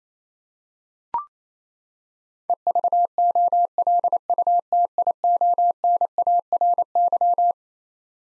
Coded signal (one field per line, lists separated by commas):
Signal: Morse code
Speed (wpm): 28 wpm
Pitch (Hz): 700 Hz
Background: none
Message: EVOLUTIONARY